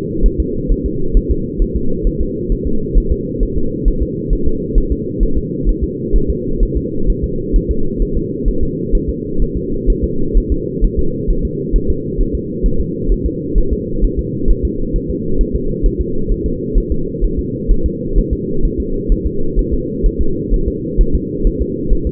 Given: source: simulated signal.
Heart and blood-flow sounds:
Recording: fetal heart sounds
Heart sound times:
0.26 s: S1
0.40 s: S2
0.72 s: S1
0.86 s: S2
1.17 s: S1
1.31 s: S2
1.62 s: S1
1.76 s: S2
2.07 s: S1
2.21 s: S2
2.52 s: S1
2.67 s: S2
2.98 s: S1
3.12 s: S2
3.43 s: S1
3.57 s: S2
3.88 s: S1
4.03 s: S2
4.33 s: S1
4.47 s: S2
4.78 s: S1
4.92 s: S2
5.23 s: S1
5.38 s: S2
5.69 s: S1
5.84 s: S2
6.16 s: S1
6.30 s: S2
6.63 s: S1
6.77 s: S2
7.10 s: S1
7.24 s: S2
7.56 s: S1
7.71 s: S2
8.02 s: S1
8.17 s: S2
8.48 s: S1
8.63 s: S2
8.95 s: S1
9.09 s: S2
9.42 s: S1
9.57 s: S2
9.90 s: S1
10.04 s: S2
10.38 s: S1
10.52 s: S2
10.84 s: S1
10.99 s: S2
11.30 s: S1
11.45 s: S2
11.76 s: S1
11.90 s: S2
12.21 s: S1
12.35 s: S2
12.66 s: S1
12.81 s: S2
13.12 s: S1
13.26 s: S2
13.58 s: S1
13.73 s: S2
14.04 s: S1
14.19 s: S2
14.50 s: S1
14.65 s: S2
14.96 s: S1
15.10 s: S2
15.41 s: S1
15.55 s: S2
15.86 s: S1
16.00 s: S2
16.31 s: S1
16.46 s: S2
16.78 s: S1
16.92 s: S2
17.24 s: S1
17.39 s: S2
17.71 s: S1
17.86 s: S2
18.18 s: S1
18.33 s: S2
18.65 s: S1
18.80 s: S2
19.12 s: S1
19.26 s: S2
19.59 s: S1
19.73 s: S2
20.06 s: S1
20.21 s: S2
20.54 s: S1
20.68 s: S2
21.01 s: S1
21.15 s: S2
21.47 s: S1
21.62 s: S2
21.93 s: S1
22.07 s: S2
From the record:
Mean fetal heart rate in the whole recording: 130 bpm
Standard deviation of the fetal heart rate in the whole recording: 4 bpm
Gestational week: 38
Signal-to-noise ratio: -8.1 dB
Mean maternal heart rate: 72 bpm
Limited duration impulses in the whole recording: absent

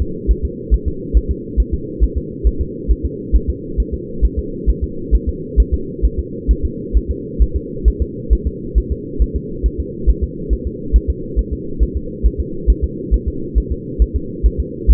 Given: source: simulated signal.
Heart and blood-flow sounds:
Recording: fetal heart sounds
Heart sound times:
0.02 s: S2
0.31 s: S1
0.45 s: S2
0.74 s: S1
0.88 s: S2
1.17 s: S1
1.31 s: S2
1.60 s: S1
1.74 s: S2
2.04 s: S1
2.18 s: S2
2.47 s: S1
2.61 s: S2
2.91 s: S1
3.05 s: S2
3.36 s: S1
3.50 s: S2
3.80 s: S1
3.94 s: S2
4.25 s: S1
4.39 s: S2
4.70 s: S1
4.84 s: S2
5.15 s: S1
5.29 s: S2
5.60 s: S1
5.74 s: S2
6.05 s: S1
6.19 s: S2
6.51 s: S1
6.65 s: S2
6.97 s: S1
7.11 s: S2
7.42 s: S1
7.56 s: S2
7.88 s: S1
8.02 s: S2
8.33 s: S1
8.47 s: S2
8.78 s: S1
8.92 s: S2
9.22 s: S1
9.36 s: S2
9.66 s: S1
9.80 s: S2
10.09 s: S1
10.24 s: S2
10.53 s: S1
10.67 s: S2
10.96 s: S1
11.10 s: S2
11.39 s: S1
11.53 s: S2
11.83 s: S1
11.97 s: S2
12.26 s: S1
12.40 s: S2
12.70 s: S1
12.84 s: S2
13.14 s: S1
13.28 s: S2
13.58 s: S1
13.72 s: S2
14.02 s: S1
14.16 s: S2
14.46 s: S1
14.60 s: S2
14.90 s: S1
From the record:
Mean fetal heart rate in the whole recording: 135 bpm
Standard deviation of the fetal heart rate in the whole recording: 3 bpm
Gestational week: 34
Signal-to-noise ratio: -4.3 dB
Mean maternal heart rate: 72 bpm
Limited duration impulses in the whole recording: absent

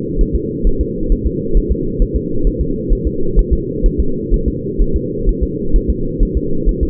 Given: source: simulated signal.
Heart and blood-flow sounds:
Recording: fetal heart sounds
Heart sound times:
0.21 s: S1
0.36 s: S2
0.67 s: S1
0.81 s: S2
1.12 s: S1
1.27 s: S2
1.57 s: S1
1.72 s: S2
2.02 s: S1
2.16 s: S2
2.47 s: S1
2.61 s: S2
2.93 s: S1
3.07 s: S2
3.39 s: S1
3.53 s: S2
3.86 s: S1
4.00 s: S2
4.34 s: S1
4.48 s: S2
4.81 s: S1
4.96 s: S2
5.29 s: S1
5.43 s: S2
5.76 s: S1
5.90 s: S2
6.23 s: S1
6.37 s: S2
6.69 s: S1
6.83 s: S2
From the record:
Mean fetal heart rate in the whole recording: 130 bpm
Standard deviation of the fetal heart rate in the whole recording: 4 bpm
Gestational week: 38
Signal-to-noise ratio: -8.1 dB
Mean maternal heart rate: 72 bpm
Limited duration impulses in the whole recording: absent

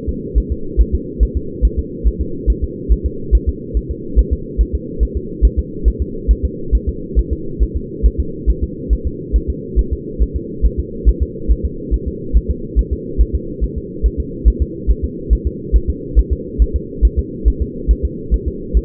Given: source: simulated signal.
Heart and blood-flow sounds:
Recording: fetal heart sounds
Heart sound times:
0.09 s: S2
0.38 s: S1
0.52 s: S2
0.81 s: S1
0.95 s: S2
1.23 s: S1
1.37 s: S2
1.65 s: S1
1.79 s: S2
2.07 s: S1
2.21 s: S2
2.50 s: S1
2.64 s: S2
2.92 s: S1
3.06 s: S2
3.35 s: S1
3.49 s: S2
3.77 s: S1
3.91 s: S2
4.19 s: S1
4.33 s: S2
4.61 s: S1
4.75 s: S2
5.03 s: S1
5.17 s: S2
5.45 s: S1
5.59 s: S2
5.88 s: S1
6.02 s: S2
6.31 s: S1
6.45 s: S2
6.75 s: S1
6.89 s: S2
7.19 s: S1
7.33 s: S2
7.63 s: S1
7.76 s: S2
8.06 s: S1
8.20 s: S2
8.50 s: S1
8.64 s: S2
8.93 s: S1
9.07 s: S2
9.36 s: S1
9.50 s: S2
9.79 s: S1
9.93 s: S2
10.22 s: S1
10.36 s: S2
10.66 s: S1
10.79 s: S2
11.09 s: S1
11.22 s: S2
11.51 s: S1
11.65 s: S2
11.94 s: S1
12.08 s: S2
12.37 s: S1
12.50 s: S2
12.79 s: S1
12.93 s: S2
13.21 s: S1
13.35 s: S2
13.64 s: S1
13.78 s: S2
14.06 s: S1
14.20 s: S2
14.48 s: S1
14.62 s: S2
14.91 s: S1
15.04 s: S2
15.33 s: S1
15.47 s: S2
15.76 s: S1
15.90 s: S2
16.19 s: S1
16.33 s: S2
16.62 s: S1
16.76 s: S2
17.05 s: S1
17.19 s: S2
17.48 s: S1
17.62 s: S2
17.91 s: S1
18.05 s: S2
18.34 s: S1
18.48 s: S2
18.77 s: S1
From the record:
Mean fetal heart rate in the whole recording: 140 bpm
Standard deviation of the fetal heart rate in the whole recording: 2 bpm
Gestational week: 34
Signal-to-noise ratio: -4.3 dB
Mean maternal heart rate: 72 bpm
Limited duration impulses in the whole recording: absent

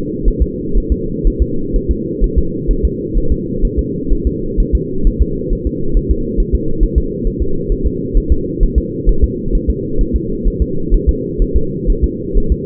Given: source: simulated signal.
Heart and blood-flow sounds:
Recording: fetal heart sounds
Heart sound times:
0.28 s: S1
0.42 s: S2
0.77 s: S1
0.92 s: S2
1.27 s: S1
1.42 s: S2
1.76 s: S1
1.91 s: S2
2.24 s: S1
2.38 s: S2
2.71 s: S1
2.85 s: S2
3.17 s: S1
3.32 s: S2
3.65 s: S1
3.79 s: S2
4.13 s: S1
4.27 s: S2
4.60 s: S1
4.75 s: S2
5.07 s: S1
5.22 s: S2
5.53 s: S1
5.67 s: S2
5.97 s: S1
6.11 s: S2
6.40 s: S1
6.55 s: S2
6.83 s: S1
6.98 s: S2
7.27 s: S1
7.42 s: S2
7.72 s: S1
7.86 s: S2
8.17 s: S1
8.32 s: S2
8.63 s: S1
8.78 s: S2
9.09 s: S1
9.24 s: S2
9.55 s: S1
9.70 s: S2
10.01 s: S1
10.16 s: S2
10.47 s: S1
10.62 s: S2
10.94 s: S1
11.09 s: S2
11.42 s: S1
11.56 s: S2
11.90 s: S1
12.04 s: S2
12.38 s: S1
12.52 s: S2
From the record:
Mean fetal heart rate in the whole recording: 130 bpm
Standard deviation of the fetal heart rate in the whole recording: 4 bpm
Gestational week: 38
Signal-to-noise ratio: -8.1 dB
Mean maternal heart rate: 72 bpm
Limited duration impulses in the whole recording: present

